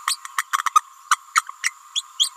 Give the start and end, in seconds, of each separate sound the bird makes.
0.07-0.17, 0.66-0.71, 0.75-0.81, 1.11-1.17, 1.34-1.42, 1.63-1.72, 1.95-2.02, 2.18-2.31